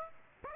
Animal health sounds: mosquito wingbeat signal from an infrared sensor; Aedes aegypti

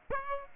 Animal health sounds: mosquito wingbeat signal from an infrared sensor; Aedes aegypti

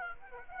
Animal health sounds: mosquito wingbeat signal from an infrared sensor; Aedes aegypti

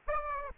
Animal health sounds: mosquito wingbeat signal from an infrared sensor; Aedes aegypti

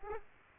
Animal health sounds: mosquito wingbeat signal from an infrared sensor; Aedes aegypti

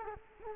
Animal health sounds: mosquito wingbeat signal from an infrared sensor; Culex quinquefasciatus

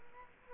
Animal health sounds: mosquito wingbeat signal from an infrared sensor; Culex quinquefasciatus

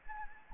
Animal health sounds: mosquito wingbeat signal from an infrared sensor; Anopheles gambiae

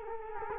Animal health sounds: mosquito wingbeat signal from an infrared sensor; Culex quinquefasciatus

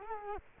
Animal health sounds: mosquito wingbeat signal from an infrared sensor; Culex quinquefasciatus

